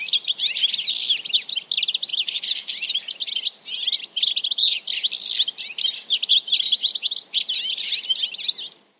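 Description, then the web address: Bird chattering continuously with many high, twittering chirps in a steady, dense stream before stopping abruptly. "Deverinetal. Bird Only"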